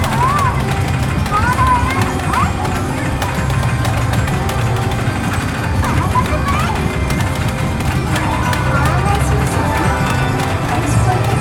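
Steady, dense crowd chatter fills Taipei Main Station's Y-zone underground mall, with overlapping voices, brief raised calls, and scattered footsteps and clicks throughout.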